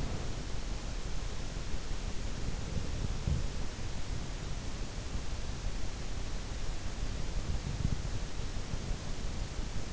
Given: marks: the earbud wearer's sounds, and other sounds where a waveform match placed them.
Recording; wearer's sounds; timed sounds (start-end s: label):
sounds in sleep by an in-ear microphone; breath
0.00-0.87 s: breath